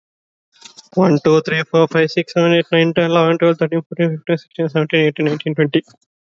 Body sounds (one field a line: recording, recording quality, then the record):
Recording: counting at a fast pace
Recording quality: excellent, no background noise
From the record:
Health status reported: healthy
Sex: male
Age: 19 years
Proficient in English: yes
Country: India